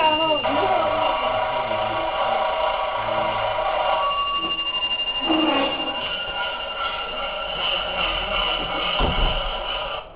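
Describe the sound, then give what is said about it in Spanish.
A bell rings continuously for about ten seconds, a steady, harsh metallic ringing with a slightly muffled, narrow tone, while indistinct voices murmur underneath; it signals students to return to class from a short break. “Escuchan el timbre y vuelven, si no, no vuelven.”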